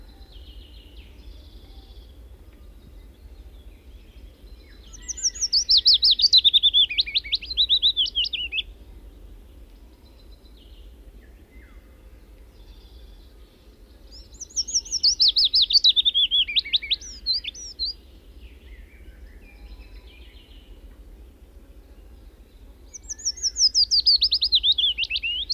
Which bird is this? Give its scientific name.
Phylloscopus trochilus